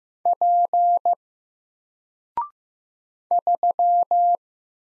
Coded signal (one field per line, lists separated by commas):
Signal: Morse code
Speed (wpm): 15 wpm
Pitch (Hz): 700 Hz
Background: none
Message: P 3